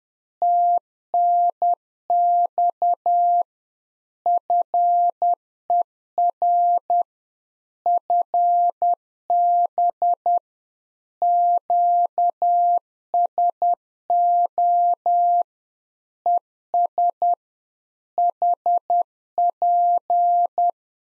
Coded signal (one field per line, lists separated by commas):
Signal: Morse code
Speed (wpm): 10 wpm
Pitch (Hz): 700 Hz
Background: none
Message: TNX FER FB QSO ES HP